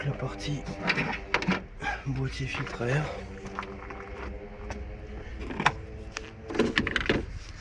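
A plastic hose clip is handled while refitting the fuel-injection hoses on the fuel/air hose of the Multec throttle-body injection unit of an Opel Corsa B (X14SZ), as someone talks throughout. Brief sharp handling sounds occur around 5.7 s and in a quick cluster from 6.8 to 7.1 s. The clip has not yet been pushed home, so nothing has clicked or seated.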